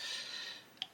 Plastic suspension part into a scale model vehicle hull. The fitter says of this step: You can hear that clicking into place.